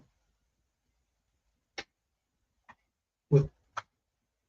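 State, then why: Seated. A plastic model kit part, one of the pieces that are a little difficult to snap in, is pressed into its mating socket in the kit assembly. After a short tap at 1.8 s, a faint tick and a louder burst of handling noise, it seats with a sharp click at 3.8 s. Someone talks briefly.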